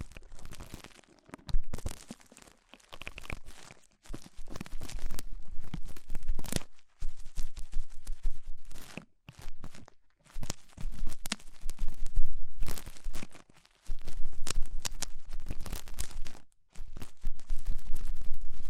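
Ear cleaning with rhinestone and clay removal: bursts of scratchy, crinkling and crunchy rubbing that start and stop every second or two, separated by short silences. Some strokes sound like soft tearing, and dull low thumps sit beneath the brighter crackle.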